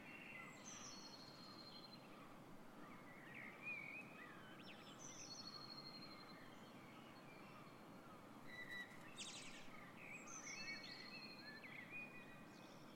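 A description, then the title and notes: A dawn chorus of many birds, with overlapping whistles, trills and chirps scattered across the whole 13 seconds, some high and thin, others lower and fuller. A steady low rumble runs underneath throughout, and a brief harsher burst of calls stands out around nine seconds. Dawn Chorus 06:00 AM Den Haag.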